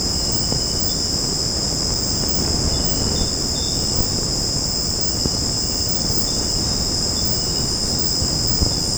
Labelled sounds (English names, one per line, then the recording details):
none
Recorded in secondary vegetation near Puerto Asís, Putumayo, Colombia, on 19 March 2025 at 19:30
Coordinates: 0.481, -76.318
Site G097